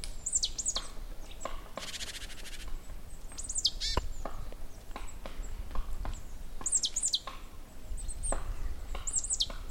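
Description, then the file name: Great tit giving high, sharply downslurred notes in pairs, repeated several times, with a brief buzzy burst, frequent knocking clicks and low rumble. "Parus major"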